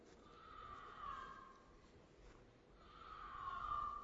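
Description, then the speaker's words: Mountain lion screams: long, strained wailing cries split by a brief quiet gap. Played from a video; a scream rather than a roar like an African lion's. "you hear the sound of a mountain lion, and not exactly roaring, but kind of screaming"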